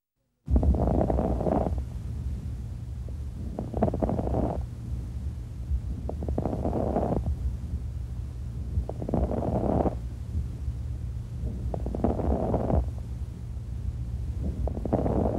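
Fine crackles heard over adult lungs through a stethoscope, recurring with each breath across several steady breathing cycles.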